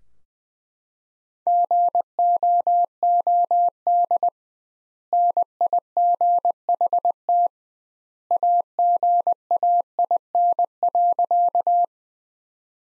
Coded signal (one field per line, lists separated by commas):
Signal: Morse code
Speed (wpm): 20 wpm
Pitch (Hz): 700 Hz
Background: none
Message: GOOD NIGHT AGAIN.